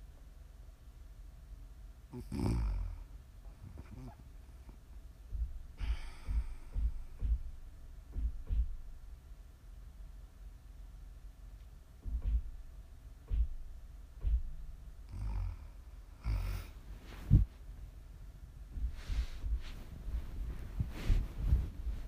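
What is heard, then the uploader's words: Low snoring sounds come in uneven bursts, with rough snorts and breathy rasps near 2.5, 6, 12 to 13, 16 to 17 and 19 to 22 seconds. Between them are short quiet gaps filled with soft clicks and faint mouth noises. ASMR snoring.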